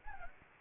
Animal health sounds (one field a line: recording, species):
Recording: mosquito wingbeat signal from an infrared sensor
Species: Anopheles gambiae